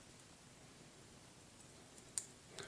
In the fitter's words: There it is, snaps in place like that.